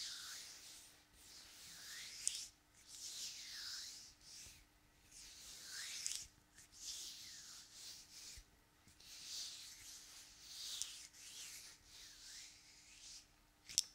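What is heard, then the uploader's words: Hands with long nails move and rub against each other, making dry, bright scratching strokes that rise and fall about once a second. Short pauses separate the swishes, a few sharp clicks land near the start and end, and a faint steady low hum runs underneath. ASMR Hands Sounds Movements Long Nails.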